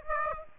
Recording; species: mosquito wingbeat signal from an infrared sensor; Aedes aegypti